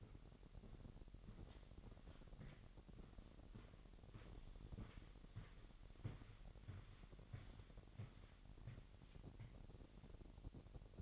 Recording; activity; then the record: daily activity, microphone in the room; walk to room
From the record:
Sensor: 4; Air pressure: 1013.0 hPa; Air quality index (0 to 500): 241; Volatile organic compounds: 4 ppm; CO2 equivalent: 1609 ppm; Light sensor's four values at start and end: 29/69/28/28 and 34/82/34/33